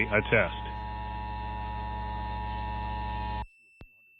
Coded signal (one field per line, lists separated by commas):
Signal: Emergency Alert System (SAME) tones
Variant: 853 and 960 Hz attention tone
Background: speech